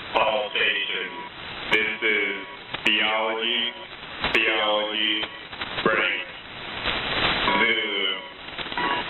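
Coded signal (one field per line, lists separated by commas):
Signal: coded military voice message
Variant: HFGCS Emergency Action Message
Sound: a distorted radio voice steadily reading out short spoken groups, with brief pauses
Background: radio static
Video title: HFGCS EAMs 09-10-2018 2303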